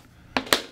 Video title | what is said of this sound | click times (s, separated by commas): How To Adjust The Action on Your Chromebook Trackpad | you'll hear those clips that i talked about at the beginning snapping back into place | 0.4 s, 0.5 s